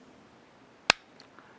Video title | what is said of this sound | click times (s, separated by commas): Glock Detail Strip And Reassembly (IN HD) | tool and push on it a little bit more you'll hear it click because you as you've seen it had the two ridges on there and that's what made it lock in okay | 0.9 s